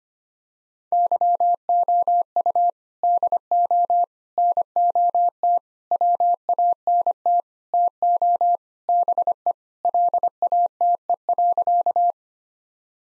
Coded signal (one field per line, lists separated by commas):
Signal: Morse code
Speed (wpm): 25 wpm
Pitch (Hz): 700 Hz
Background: none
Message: YOU DO NOT WANT TO BE LATE.